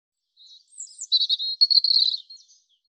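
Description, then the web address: European robin song beginning with thin high notes, then a fast, even, buzzy trill of high notes before fading out. "cianscape birddata Deverinetal 2025 Bird Er Ru"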